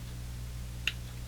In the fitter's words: Okay, the threads click together.